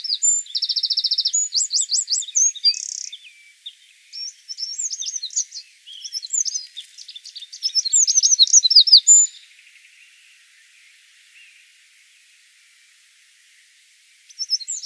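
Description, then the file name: Eurasian wren singing loud, fast phrases of high chips and a rattling trill for nine seconds, then near silence before a new burst begins at the end. "Troglodytes troglodytes"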